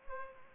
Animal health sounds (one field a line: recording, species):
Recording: mosquito wingbeat signal from an infrared sensor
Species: Culex pipiens